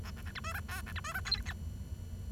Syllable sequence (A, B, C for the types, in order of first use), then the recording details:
A A B C D E F B C D E G H. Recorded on 23 June 2012 at 10:31. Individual gr41rd51